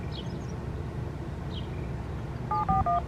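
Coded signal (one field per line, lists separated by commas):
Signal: DTMF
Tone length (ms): 140 ms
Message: 741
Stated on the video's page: EAS activation from a weather radio tuned to WXJ57 in South Bend, during the Indiana statewide tornado drill.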